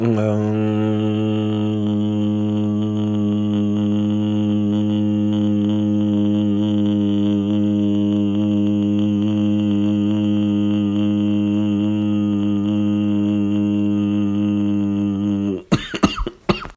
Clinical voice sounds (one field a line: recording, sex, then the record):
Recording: sustained vowel /a/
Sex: male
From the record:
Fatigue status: fatigue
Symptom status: symptomatic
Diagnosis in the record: COVID-19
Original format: m4a